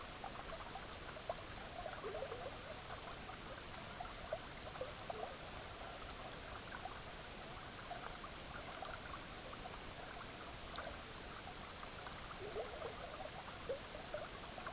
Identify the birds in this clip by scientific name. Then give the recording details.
none. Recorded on Arctic tundra, site EABA-MC, on 18 June 2019. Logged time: 10:00